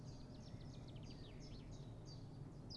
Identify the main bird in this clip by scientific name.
Phylloscopus collybita